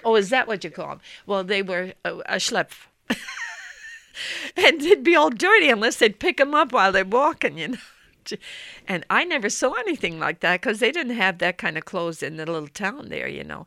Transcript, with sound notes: Oh, is that what you call them? Well, they were Schleppe. ( she laughs ) And they'd be all dirty unless they'd pick them up while they're walking. And I never saw anything like that, because they didn't have that kind of clothes in the little town there, you know.